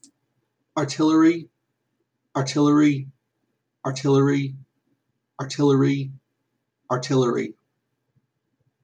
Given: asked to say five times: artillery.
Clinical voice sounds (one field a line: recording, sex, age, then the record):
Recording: repeated word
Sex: male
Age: 30 to 39 years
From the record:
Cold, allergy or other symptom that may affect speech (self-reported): no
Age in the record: 34 years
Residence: Virginia, United States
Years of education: 16